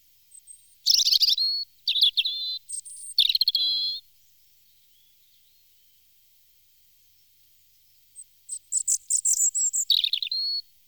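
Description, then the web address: European robin song: a phrase of high sliding whistles and rattled trills, a long pause, then another sparkling trilled phrase ending in a whistle. "chants d'oiseaux Jean C Roche - Rouge-gorge"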